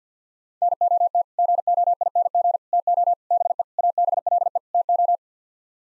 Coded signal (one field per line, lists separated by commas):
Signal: Morse code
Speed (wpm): 50 wpm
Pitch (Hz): 700 Hz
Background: none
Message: NOT GOING TO BE ABLE TO